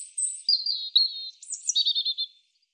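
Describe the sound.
European robin, high thin drawn whistle, a falling slurred note, then a short rapid stuttering trill in a quiet background.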